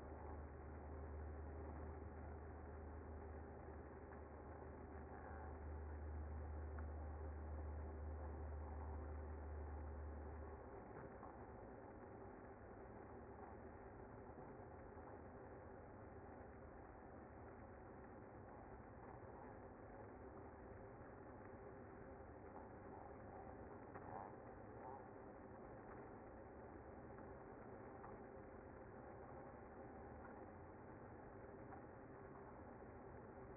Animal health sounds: honeybee colony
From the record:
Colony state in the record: active

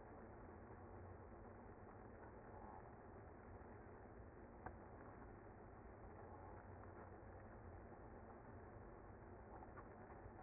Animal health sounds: honeybee colony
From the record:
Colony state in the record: active

